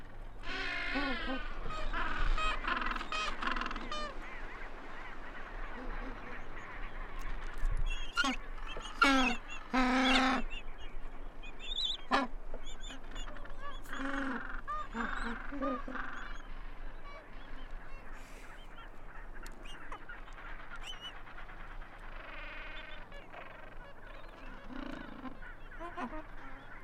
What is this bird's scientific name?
Pygoscelis papua